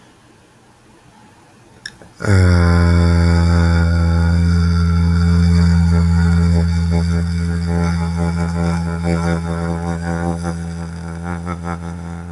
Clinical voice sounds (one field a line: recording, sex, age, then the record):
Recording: vowel held as long as possible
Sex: male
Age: 20 to 29 years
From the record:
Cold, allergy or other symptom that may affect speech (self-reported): no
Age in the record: 22 years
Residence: North Carolina, United States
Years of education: 16